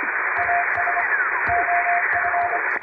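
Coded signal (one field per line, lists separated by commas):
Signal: Morse code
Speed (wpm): 24 wpm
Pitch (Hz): 700 Hz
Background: radio noise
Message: AS OF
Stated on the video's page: Morse sent by hand on an MK-706 electronic keyer as live receiving practice for radio operator exams.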